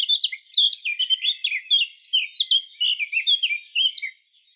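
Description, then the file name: Eurasian blackcap singing a continuous loud warble of quick, varied, slurred notes. "Sylvia atricapilla"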